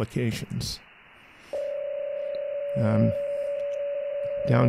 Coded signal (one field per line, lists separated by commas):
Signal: PSK31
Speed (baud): 31.25 baud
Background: speech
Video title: Skywave Linux v4.4.0-GNOME | Shortwave Radio in Your PC | WebSDR and KiwiSDR Radio Streaming